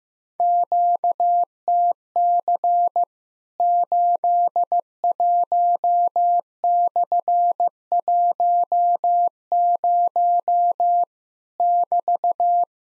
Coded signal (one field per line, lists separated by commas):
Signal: Morse code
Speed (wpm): 15 wpm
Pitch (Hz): 700 Hz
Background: none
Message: QTC 81/10 <BT>